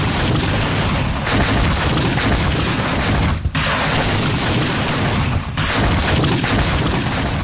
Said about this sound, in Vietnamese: Chỉ trong một khoảnh khắc, liên tiếp trên 20 quả đạn M72 nổ bay đi.